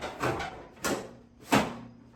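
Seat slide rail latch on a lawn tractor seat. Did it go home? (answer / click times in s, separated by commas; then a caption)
no / none. A new seat on a Toro Wheel Horse C-145 lawn tractor is slid on its metal slide rails to the furthest-back position, making dull knocks around 0.2 s, 0.8 s and 1.5 s as the slide moves and stops. The seat slide rail latch does not lock at that rearmost position, and nothing clicks into place.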